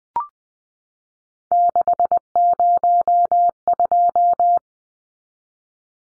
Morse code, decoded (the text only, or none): 602